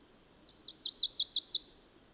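Bird song, a high-pitched, rapid series of about seven clipped, slurred notes lasting just over a second, over a soft steady hiss.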